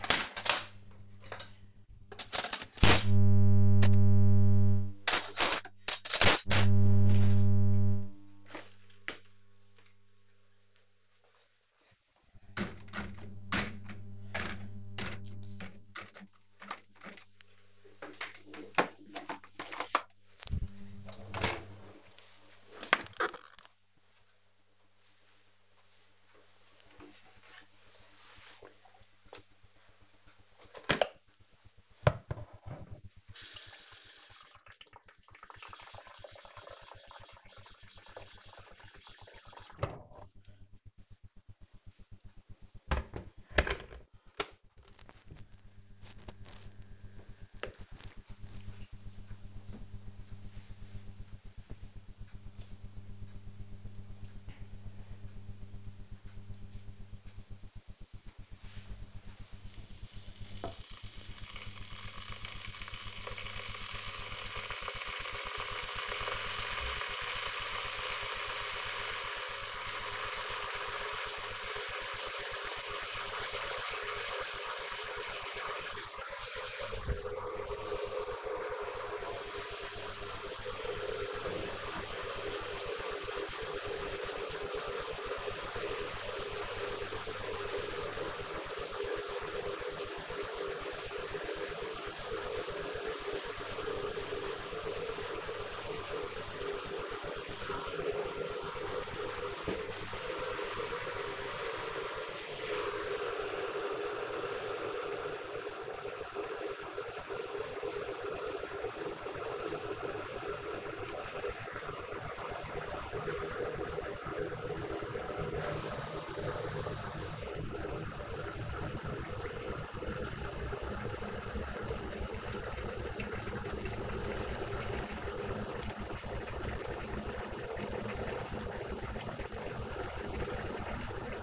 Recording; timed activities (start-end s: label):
household activities, microphone on the right wrist
0.00-22.63 s: cleaning out the dishwasher
29.67-131.43 s: making tea